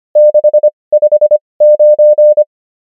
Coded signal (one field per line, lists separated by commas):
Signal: Morse code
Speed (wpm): 25 wpm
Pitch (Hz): 600 Hz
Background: none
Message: 659